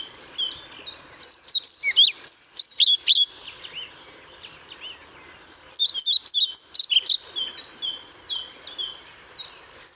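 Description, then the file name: European pied flycatcher song: two loud phrases of quick, high, swinging notes, each a couple of seconds long, separated by a pause, with faint high chirps in the background. Recorded at Paehl on 1 May 2014. "Trauerschnaepper 01 05 2014 Paehl WM Michle Pron"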